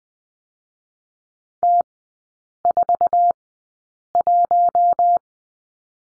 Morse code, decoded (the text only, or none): T41